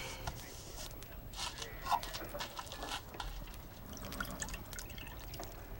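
Water pours steadily into a cup, a soft, continuous trickle with small splashy bursts running for several seconds at low volume.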